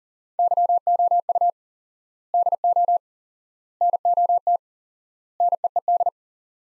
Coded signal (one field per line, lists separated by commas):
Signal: Morse code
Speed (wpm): 40 wpm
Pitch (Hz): 700 Hz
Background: none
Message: YOU DO NOT NEED